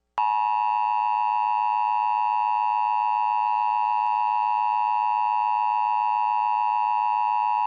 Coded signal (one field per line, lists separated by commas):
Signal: Emergency Alert System (SAME) tones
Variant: 853 and 960 Hz attention tone